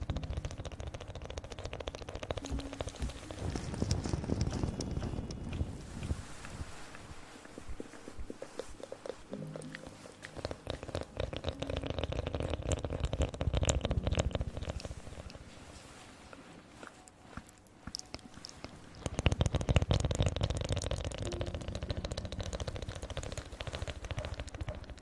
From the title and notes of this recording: Mouth sounds, Ear Blowing & Ear picking.